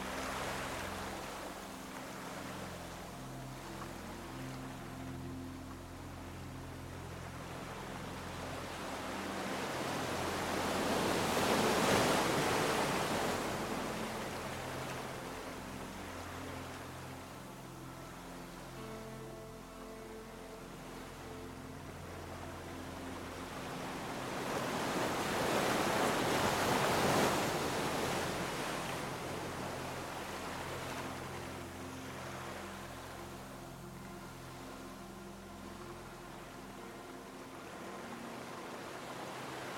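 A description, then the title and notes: Waves wash in slowly, swelling into two broad, hissing surges around 12 and 27 seconds before easing back. Beneath the surf, soft sustained music with low held tones and gentle higher notes plays steadily throughout, even. The rhythm of soothing waves that gently caress the shores, while enchanting music envelops you. The sounds of the sea and enchanting melodies.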